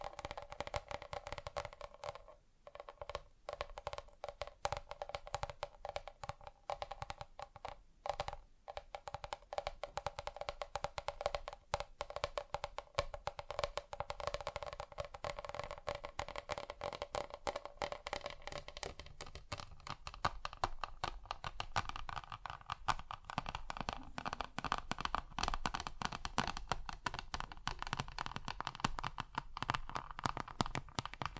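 Tapping on different surfaces, with no talking: quick, dense taps run almost without pause through the whole 31 seconds, with a few brief gaps near the start. The sound is crisp and crinkly, turning brighter and busier after about twenty seconds.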